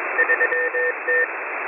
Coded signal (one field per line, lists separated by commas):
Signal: Morse code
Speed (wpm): 21 wpm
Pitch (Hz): 490 Hz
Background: radio noise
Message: 3T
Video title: M01 Morse Code Numbers 11/09/2022 0700 UTC 6510kHz